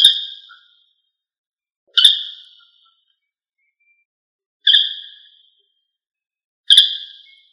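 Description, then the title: Rail calls: four harsh, buzzy bursts with a sharp start and fading tail, spaced about two to three seconds apart, with silence between. "LuckyFamilia RallidaeFrangoSama"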